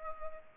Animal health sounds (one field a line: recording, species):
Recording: mosquito wingbeat signal from an infrared sensor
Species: Culex pipiens